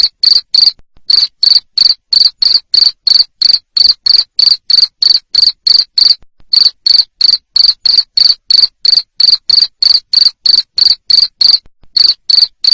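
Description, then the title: Cricket chirping: a long, regular series of shrill pulsed chirps, near three each second, pausing briefly twice and once near the end. Loud cricket chirping played to stimulate lovebirds to keep singing (ngekek). "Suara JANGKRIK NGERIK Keras Bikin LOVEBIRD Jadi NGEKEK Terus Vubey"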